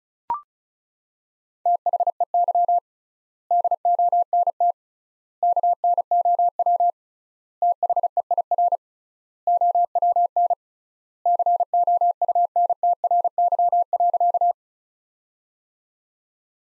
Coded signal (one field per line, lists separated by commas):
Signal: Morse code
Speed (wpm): 36 wpm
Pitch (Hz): 700 Hz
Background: none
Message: THEY DONT KNOW THEIR OWN COUNTRY.